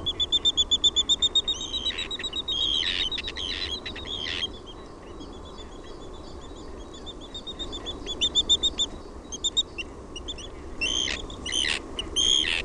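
Arctic tern calls, harsh grating notes with strong harmonics given in a fast, uneven series.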